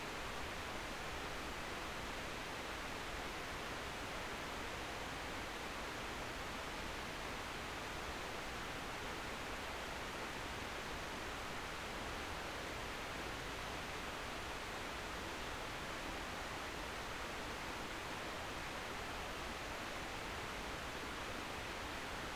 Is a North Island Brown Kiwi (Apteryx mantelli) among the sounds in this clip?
no